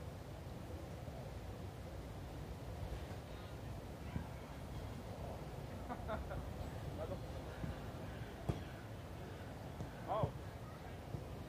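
People pass by amid a steady low murmur, with scattered voices and brief sharp knocks around six, eight and a half, and ten seconds.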